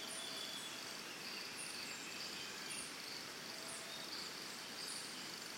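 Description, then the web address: Cricket song, a continuous high trill, overlaid by brief high chirping notes recurring at intervals amid dense background hiss. Early morning in Costa Rica, forest and jungle ambience. "Big Room Sound Birds Crickets Costa Rica Early Morning"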